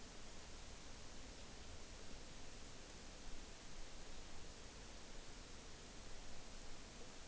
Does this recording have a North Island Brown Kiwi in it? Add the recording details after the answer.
no. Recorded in New Zealand on 5 June 2013. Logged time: 02:19